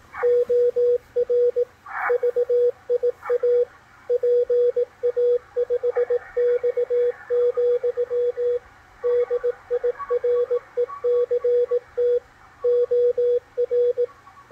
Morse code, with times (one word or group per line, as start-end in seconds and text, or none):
0.2-1.6 OR
2.1-3.6 VIA
4.1-8.6 PA5X,
9.0-12.2 DIRECT
12.6-14.0 OR